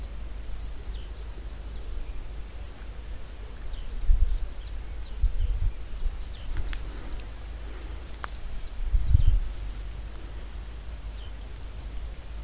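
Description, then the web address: Copper seedeater repeating sharp, high downslurred call notes at irregular intervals, some bright and some faint, with occasional low thumps and steady background noise. "sound Copper-seedeater. صدای-پرنده-دانه-خوار-مسی"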